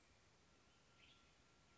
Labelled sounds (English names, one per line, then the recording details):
Western Tanager
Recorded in Sonoma County, California